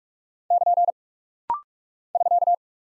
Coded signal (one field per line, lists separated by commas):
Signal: Morse code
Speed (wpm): 44 wpm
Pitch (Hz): 700 Hz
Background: none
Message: <KN> <SK>